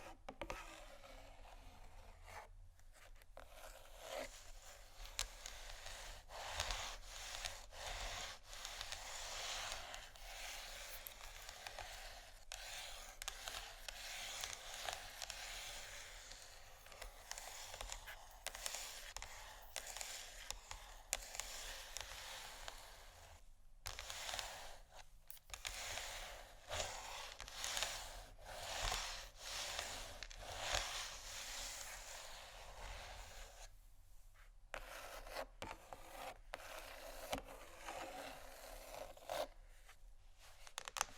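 Continuous bright scratching on canisters, dense and rasping, with brief pauses near 3, 24, 34 and 40 seconds and a faint low hum.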